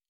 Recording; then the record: hydrophone in a shrimp aquaculture tank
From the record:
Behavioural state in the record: normal